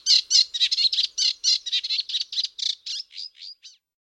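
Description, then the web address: Reed warbler chattering song of rapid scratchy notes, fading and slowing toward the end before stopping. "Rorsanger"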